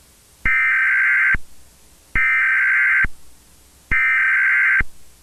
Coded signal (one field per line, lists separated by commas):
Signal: Emergency Alert System (SAME) tones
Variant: header bursts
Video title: EAS Scenario | Red Trollface (#108)